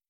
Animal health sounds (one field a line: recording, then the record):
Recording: hydrophone in a shrimp aquaculture tank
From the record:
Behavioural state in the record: starved